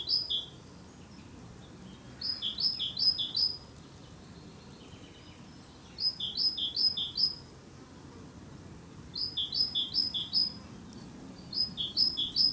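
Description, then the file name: Great tit singing short bursts of three or four bright two-note phrases, each burst separated by a few seconds of quiet with low background rumble. Territorial song. "canto territoriale cinciallegra parus major great tit carbonero comun"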